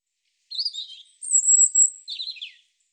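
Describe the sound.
European robin song with a warbled opening, a long very high thin whistle, then a descending trickle of notes; no other sounds.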